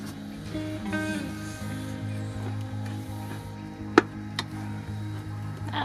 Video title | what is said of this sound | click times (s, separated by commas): Salt & Tar: Ep.174- Windlass (pt.1) Alignment | that was a nice click | 4.0 s